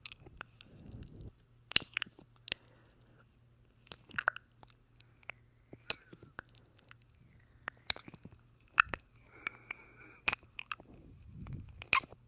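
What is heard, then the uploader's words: Wet mouth sounds with sharp smacking clicks and kissing pops, arriving irregularly every second or so throughout. Some pops are bright and crisp, others softer and moist, and a low steady hum runs underneath, with brief rustling near the start and end. Wet Mouth and Kissing Sounds. No talking.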